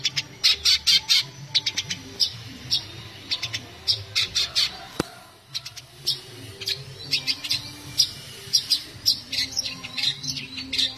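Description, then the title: Long-tailed shrike song: rapid bursts of harsh, scratchy high notes and sharp chips in quick clusters, pausing briefly around five seconds, over a steady low hum. Combination song style. "Cendet Kombinasi"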